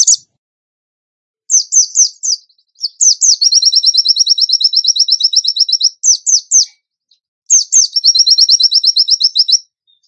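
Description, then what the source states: Bird song of high sharp chirps in quick clusters, running into long rapid trills of repeated notes, broken by short pauses and a few swept whistles. Bird singing in the gacor tembakan style, used for masteran training.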